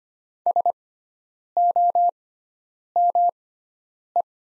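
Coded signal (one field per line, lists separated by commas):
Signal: Morse code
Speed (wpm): 25 wpm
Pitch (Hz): 700 Hz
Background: none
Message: SOME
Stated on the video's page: Morse practice of the top 100 words at 25 wpm with sixfold character spacing, Farnsworth-style timing.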